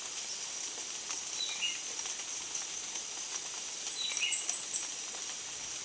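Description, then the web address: Chestnut-capped brush finch uttering a shrill, rapidly wavering high phrase lasting nearly two seconds, preceded by a few softer lower notes over a steady hiss. Recorded in Ecuador. "Birds of Ecuador. Chestnut-capped Brush-Finch"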